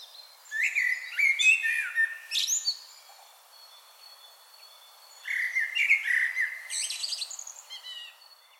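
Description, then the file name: Common blackbird singing two phrases about five seconds apart, each a low warbled whistle breaking into high, scratchy twittering notes. "Turdus merula"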